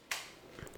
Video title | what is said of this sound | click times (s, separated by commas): Does This Vector Prime Still Hold Up? [#transformers Cybertron Voyager Class Vector Prime] | Once you're at this point, you're going to want to take the backpack here and flip it up until it snaps in. | 0.1 s